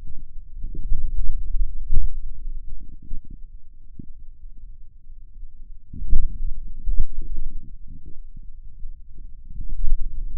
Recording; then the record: forearm muscle sounds (acoustic myography)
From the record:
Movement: pen grasping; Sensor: system 2, bracelet of six BSWA MPA416 microphones around the upper forearm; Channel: 5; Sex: male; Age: 22 years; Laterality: right